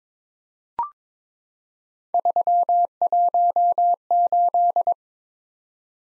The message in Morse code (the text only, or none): 318